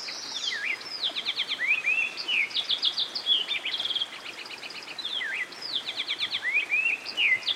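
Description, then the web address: American goldfinch song, a lively run of twittering notes with rapid repeated trills and sweeping whistles, over steady rushing water. By a stream. "Dan Gibson Songbirds By The Stream. American Goldfinch"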